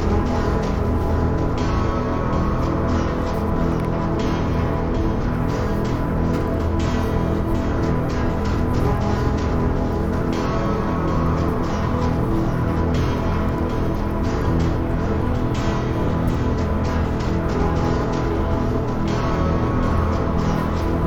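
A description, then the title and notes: A soundcheck for an afternoon concert fills the clip with a dense, steady wash of amplified sound, heavy in the low and middle range with sustained tones running throughout. The level stays constant from start to finish, with rapid small pulses but no clear breaks. Andrew Taggart and Chloe Lewis walked between three points in Bergen, Norway. A soundcheck for an afternoon concert. Composed by blending their in-situ recordings with audio sampled from the vinyl singles.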